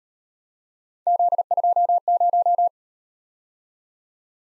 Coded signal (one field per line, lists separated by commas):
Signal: Morse code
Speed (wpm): 34 wpm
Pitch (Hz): 700 Hz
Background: none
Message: Z20